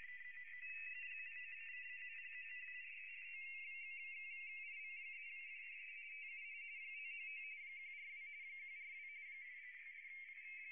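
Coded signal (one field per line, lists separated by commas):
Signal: RTTY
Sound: rapid two-tone warbling teleprinter chatter, two or more overlapping RTTY signals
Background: radio static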